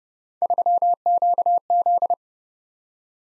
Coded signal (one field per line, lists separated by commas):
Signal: Morse code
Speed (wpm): 29 wpm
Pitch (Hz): 700 Hz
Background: none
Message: 3QZ